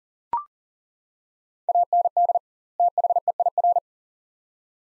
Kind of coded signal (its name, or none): Morse code